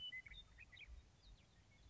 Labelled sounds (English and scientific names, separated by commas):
Western Meadowlark (Sturnella neglecta)